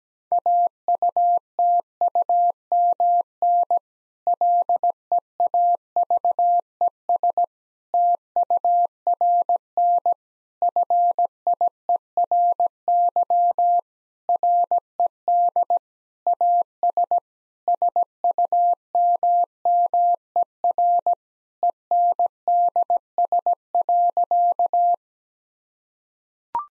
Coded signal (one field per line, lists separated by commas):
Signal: Morse code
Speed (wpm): 17 wpm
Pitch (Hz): 700 Hz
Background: none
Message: AUTUMN LEAVES TURN FIERY RED AS SUMMER ENDS.